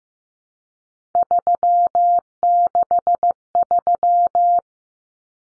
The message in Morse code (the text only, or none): 363